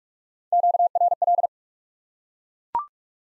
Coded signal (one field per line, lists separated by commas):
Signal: Morse code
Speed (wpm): 42 wpm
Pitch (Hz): 700 Hz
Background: none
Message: QRL